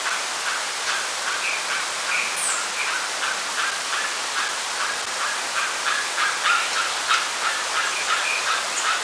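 Bird calls, a busy run of short harsh notes repeated about three times a second, with a few brief whistles over a steady background hiss.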